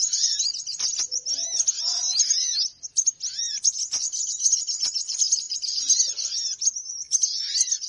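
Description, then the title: Birds twittering in a dense, high chatter, mixed with lower arched whistled notes and a few soft warbling phrases. Noisy bird lure sound; many birds are said to gather as soon as it starts. "Baru Diputar Dah Banyak Merapat! Suara Pikat Burung Ribut"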